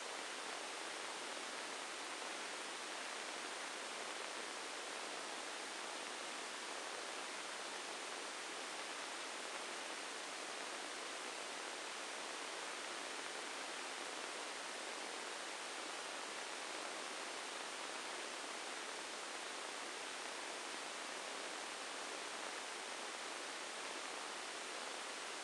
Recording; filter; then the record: brain microelectrode recording played as sound; spike band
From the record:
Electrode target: subthalamic nucleus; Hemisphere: right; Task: reaching with the left hand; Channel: 1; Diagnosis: Parkinson's disease